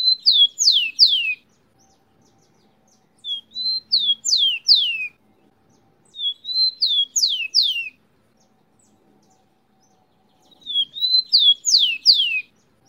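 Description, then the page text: Rufous-collared sparrow song: a thin whistled lead-in followed by several high, sharply down-slurred notes, heard three full times plus the end of a phrase at the start, with pauses of about one to three seconds. Local name tico tico. "TICO TICO (Zonotrichia Capensis)"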